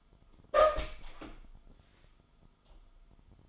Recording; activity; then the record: daily activity, microphone in the room; open door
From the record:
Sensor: 5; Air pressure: 1005.0 hPa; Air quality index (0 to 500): 103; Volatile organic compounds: 2 ppm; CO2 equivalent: 1254 ppm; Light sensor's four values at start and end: 34/80/32/31 and 34/80/32/31